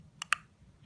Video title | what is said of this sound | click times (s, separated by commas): Mastering Phase 1 Removable Appliance ('Wong Widget') Adjustments: Dr. Wong’s Guide to Perfect Fits | and you'll hear it snapping who heard that | 0.2 s, 0.3 s